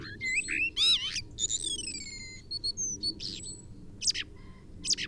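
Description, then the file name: Common blackbird song: a rich warbled whistle rising into squeaky high notes, then a long sliding tone and scattered thin twitters, over a low background rumble. "Turdus merula"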